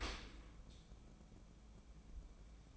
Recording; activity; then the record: daily activity, microphone in the room; open dishwasher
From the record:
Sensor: 1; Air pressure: 1012.3 hPa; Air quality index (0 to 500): 170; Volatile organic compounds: 3 ppm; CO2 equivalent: 1389 ppm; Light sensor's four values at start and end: 374/836/376/411 and 374/836/376/411